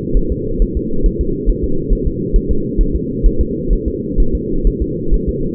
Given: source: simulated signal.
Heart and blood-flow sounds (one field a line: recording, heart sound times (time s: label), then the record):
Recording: fetal heart sounds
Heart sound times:
0.17 s: S1
0.32 s: S2
0.62 s: S1
0.77 s: S2
1.06 s: S1
1.21 s: S2
1.49 s: S1
1.64 s: S2
1.93 s: S1
2.07 s: S2
2.36 s: S1
2.51 s: S2
2.81 s: S1
2.96 s: S2
3.26 s: S1
3.41 s: S2
3.73 s: S1
3.88 s: S2
4.20 s: S1
4.35 s: S2
4.67 s: S1
4.82 s: S2
5.14 s: S1
5.29 s: S2
From the record:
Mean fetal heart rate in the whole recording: 130 bpm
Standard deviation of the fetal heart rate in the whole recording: 4 bpm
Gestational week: 38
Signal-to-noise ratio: -8.1 dB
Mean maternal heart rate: 72 bpm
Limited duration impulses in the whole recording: present